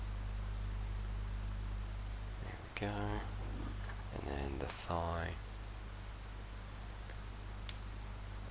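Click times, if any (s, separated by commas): 7.7 s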